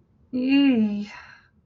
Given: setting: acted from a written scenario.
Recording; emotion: vocal sound without words; guilt